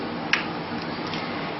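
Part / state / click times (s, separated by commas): plastic length spacer into a vacuum-powered hair cutting head / seated / 0.3 s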